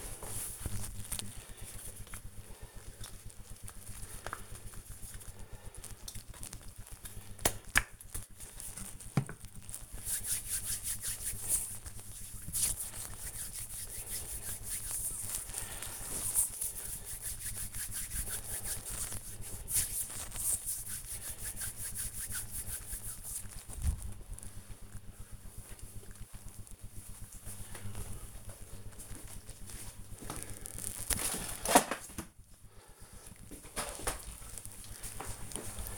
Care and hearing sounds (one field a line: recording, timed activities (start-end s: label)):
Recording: household activities, microphone on the right wrist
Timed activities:
1.49-23.61 s: cream hands